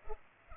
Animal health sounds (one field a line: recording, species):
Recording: mosquito wingbeat signal from an infrared sensor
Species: Culex pipiens